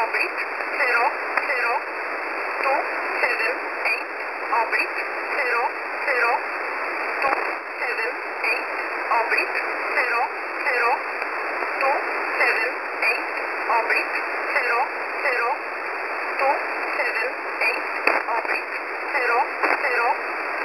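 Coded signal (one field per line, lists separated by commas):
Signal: numbers station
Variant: E11 Oblique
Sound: evenly spaced spoken words through heavy shortwave hiss and static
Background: radio static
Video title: E11 Oblique 13/07/2023 0930 UTC 6923kHz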